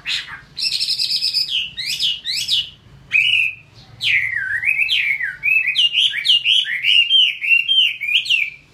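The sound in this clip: Chinese hwamei song: loud varied phrases, a rapid buzzy trill then looping whistled notes sliding up and down, with short pauses between bursts.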